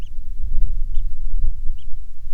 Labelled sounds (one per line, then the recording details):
songbird
wind
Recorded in the Prudhoe Bay oil fields, Alaska, on 6 August 2019 at 05:06
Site 22